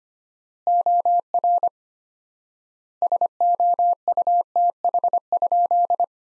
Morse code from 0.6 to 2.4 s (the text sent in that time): OR